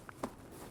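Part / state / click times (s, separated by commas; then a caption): electronics caddy attachment bar into backpack interior loop / seated / 0.1 s, 0.2 s. A small bar on the back of the removable electronics caddy for a Gregory JUXT 34 backpack is pushed into a fabric loop inside the pack. A short, light click at 0.1 s is followed by a louder, broader snap at 0.2 s. The bar snaps in and the caddy is seated.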